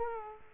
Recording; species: mosquito wingbeat signal from an infrared sensor; Culex quinquefasciatus